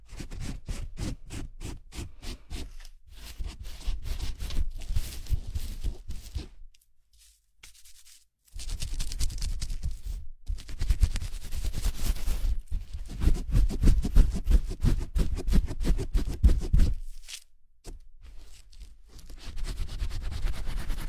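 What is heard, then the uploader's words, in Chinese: Scratchy scrubbing of a foamy hair wash and massage, made of dense rapid crackles and rubbing strokes. The sound comes in bursts, with short pauses near 3 seconds, a longer silence around 7 to 8 seconds, and another break near 17 seconds. 泡沫洗头 按摩。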